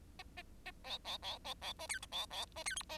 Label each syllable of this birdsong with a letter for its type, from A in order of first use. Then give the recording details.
A A A B B B B B A C B B A C D A. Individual Bird10